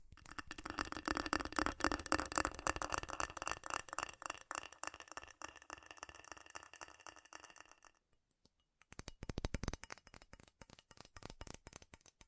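Fast, furious tapping on metal, a dense rattling patter of quick strikes with a bright ringing edge for the first eight seconds, gradually thinning. After a brief near-silent pause around eight seconds, sharper, more separated taps resume, loud and irregular, until the end.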